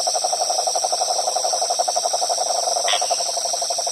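Frog calling in a continuous rapid rattling trill, even in pace throughout, over a loud high-pitched insect drone, with a short bright chirp near the end.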